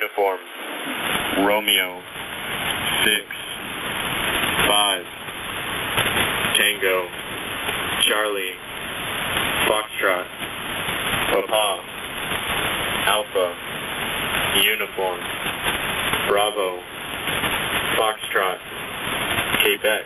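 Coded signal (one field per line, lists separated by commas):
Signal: coded military voice message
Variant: HFGCS Emergency Action Message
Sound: male voice reading NATO phonetic letters and digits over noisy shortwave radio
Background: radio static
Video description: Most commonly heard HF-GCS transmissions are Emergency Action Messages (EAM's). They are encrypted high priority and time sensitive messages which contain operation instructions. They are character strings, which are spoken with the NATO Phonetic Alphabet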